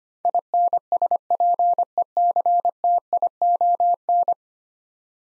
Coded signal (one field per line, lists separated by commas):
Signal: Morse code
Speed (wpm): 25 wpm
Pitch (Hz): 700 Hz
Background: none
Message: INSPECTION